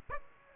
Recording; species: mosquito wingbeat signal from an infrared sensor; Aedes aegypti